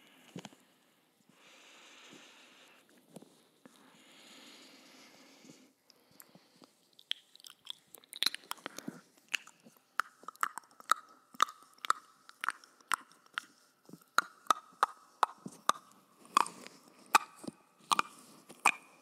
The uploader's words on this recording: Hyper Intense Binaural Mouth Sounds. First time ever using a 3Dio Mic to test the sounds....